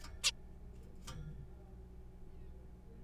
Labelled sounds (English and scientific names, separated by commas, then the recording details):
Zebra Finch (Taeniopygia guttata)
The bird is a juvenile
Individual R3428